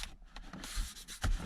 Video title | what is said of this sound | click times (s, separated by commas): 2009 hemi 1500 trx4 build part 73. Break in service, Delivery Prep, New rearview and cup holders. | Okay, I heard some clicks. | 0.4 s, 0.5 s, 1.2 s